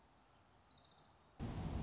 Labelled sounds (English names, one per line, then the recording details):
Orange-crowned Warbler
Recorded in Sonoma County, California